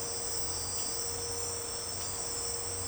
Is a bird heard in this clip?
no